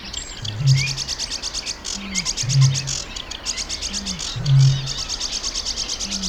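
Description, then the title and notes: Eurasian bittern booming: deep, low hollow booms about every two seconds, each preceded by a short fainter note, over continuous scratchy, rhythmic warbler song. Booming in a reedbed on 24 April 2015; Sedge and Reed Warblers singing. "Bittern Sound Spectrogram. a quick "warm up" before the first and before the last boom. Other reedbed birds singing are Sedge and Reed Warblers. recorded 24th April 2015"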